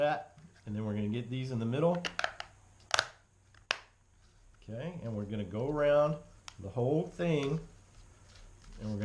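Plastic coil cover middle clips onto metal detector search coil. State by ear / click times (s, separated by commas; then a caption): seated / 2.9 s, 3.7 s. Someone talks while pressing the middle clips of a plastic coil cover onto the search coil of a Minelab Equinox metal detector by hand, with no tools, after the rim is already on. Sharp snapping clicks are heard at 2.9 s and 3.7 s as the middle clips seat home.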